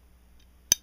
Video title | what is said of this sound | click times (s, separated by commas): Slide Disassembly | pull it back until it clicks | 0.7 s